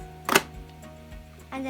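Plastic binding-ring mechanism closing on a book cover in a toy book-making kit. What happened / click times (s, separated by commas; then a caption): The plastic binding mechanism pressed down and clicked shut / 0.4 s. After a hole-punched cover is slid onto the raised rings of a Bookeez toy book-binding kit, the plastic binding-ring mechanism is pressed down to close on it. A single sharp, loud click at 0.4 s shows it has seated and clicked shut, and someone talks before and after.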